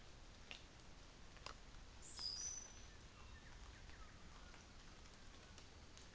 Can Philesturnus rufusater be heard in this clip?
no